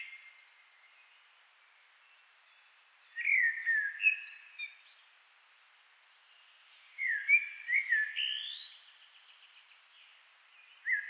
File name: Turdus merula